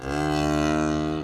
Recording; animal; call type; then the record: contact call of a hoofed animal; cattle; low-frequency (closed-mouth) or high-frequency (open-mouth) call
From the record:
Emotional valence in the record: negative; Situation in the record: full separation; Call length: 1.24 s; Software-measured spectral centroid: 2310 Hz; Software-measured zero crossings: 1520 a second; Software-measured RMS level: -24 dBFS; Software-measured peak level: -11 dBFS